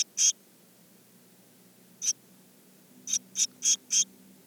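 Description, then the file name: Eurasian blue tit calls: one high note, a pause, another, then four quick high notes at the end, with a faint low hum. "Cyanistes caeruleus"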